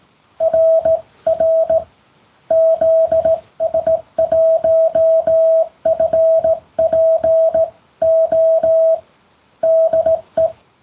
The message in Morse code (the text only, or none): RR ZS1FPO DE